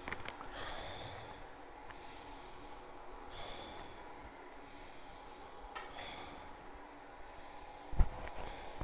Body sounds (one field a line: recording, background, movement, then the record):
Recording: deep breathing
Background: traffic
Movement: sitting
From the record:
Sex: male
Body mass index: 23.7 kg/m2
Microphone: on the chest, facing outward